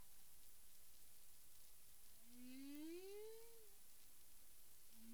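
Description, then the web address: Humpback whale call: a long, rising, moaning tonal sweep with harmonics, lasting over a second, then the start of another low moan, over steady hissing underwater noise. Recorded 9 April 2002 at 18:00:53 UTC. "CARIMAM. humpback whale"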